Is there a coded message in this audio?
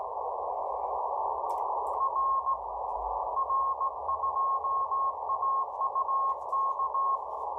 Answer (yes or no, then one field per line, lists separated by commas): yes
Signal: Morse code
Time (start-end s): 2.0-7.2 s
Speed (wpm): 17 wpm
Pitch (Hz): 1090 Hz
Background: radio noise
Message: R R2AUK